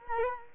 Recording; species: mosquito wingbeat signal from an infrared sensor; Culex quinquefasciatus